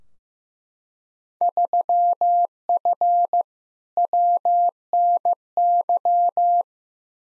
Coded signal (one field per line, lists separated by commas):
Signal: Morse code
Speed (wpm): 15 wpm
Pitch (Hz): 700 Hz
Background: none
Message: 3F WNY